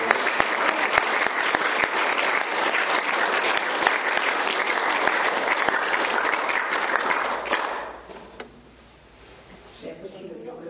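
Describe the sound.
An audience bursts into sustained applause, a dense, steady wash of many hands clapping for about eight seconds before fading out, followed by a brief quiet and the start of a voice.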